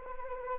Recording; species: mosquito wingbeat signal from an infrared sensor; Anopheles arabiensis